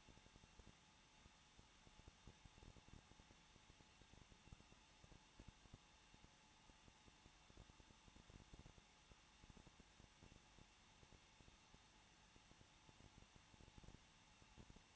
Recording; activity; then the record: daily activity, microphone in the room; no activity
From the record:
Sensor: 1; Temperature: 20.1 degrees Celsius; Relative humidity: 39.4%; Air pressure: 1006.4 hPa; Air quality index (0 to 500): 219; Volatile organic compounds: 81 ppm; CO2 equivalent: 3619 ppm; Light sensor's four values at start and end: 1/2/1/1 and 1/2/1/1